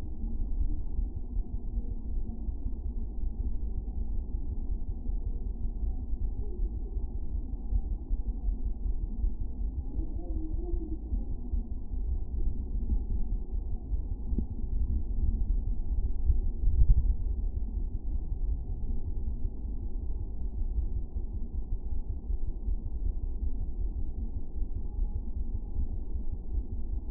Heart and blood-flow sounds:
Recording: fetal heart sounds by stethoscope on the mother's abdomen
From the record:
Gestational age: 39 weeks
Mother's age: 27 years

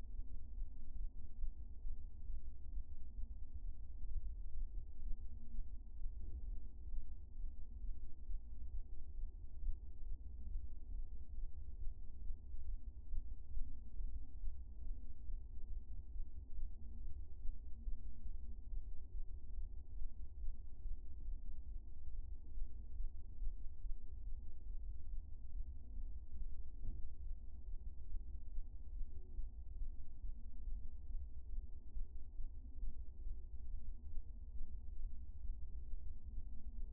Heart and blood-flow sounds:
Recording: fetal heart sounds by stethoscope on the mother's abdomen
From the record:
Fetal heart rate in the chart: 132 bpm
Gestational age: 34 weeks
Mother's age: 22 years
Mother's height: 150 cm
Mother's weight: 62 kg

